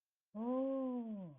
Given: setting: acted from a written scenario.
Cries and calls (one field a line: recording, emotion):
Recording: vocal sound without words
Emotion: realization